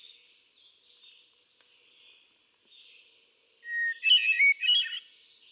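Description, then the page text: Hermit thrush song: a few faint notes, then a steady opening whistle followed by a bright, rippling burst of fluty notes near the end. Male singing on 13 June 2006 at Quabbin Park, Ware, Massachusetts; cycles through a repertoire of about ten different songs. "Birdsong for the Curious Naturalist. Hermit thrush. ♫396. A truly gifted and inspiring songster, example 1. Can you hear how he cycles through his repertoire of about ten different songs? June 13, 2006. Quabbin Park, Ware, Massachusetts"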